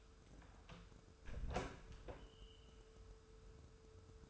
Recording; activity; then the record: daily activity, microphone in the room; close door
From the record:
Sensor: 2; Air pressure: 1015.0 hPa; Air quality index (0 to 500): 118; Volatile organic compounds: 3 ppm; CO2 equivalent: 1502 ppm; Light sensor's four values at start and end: 13/35/14/15 and 13/35/14/15